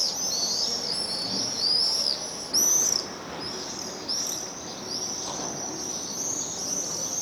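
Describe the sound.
Swift screaming in a steady high chorus, with arched buzzy screeches standing out roughly every second over the continuous trill.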